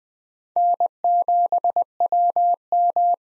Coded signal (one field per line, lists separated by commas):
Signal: Morse code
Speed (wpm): 20 wpm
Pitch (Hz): 700 Hz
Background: none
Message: N7WM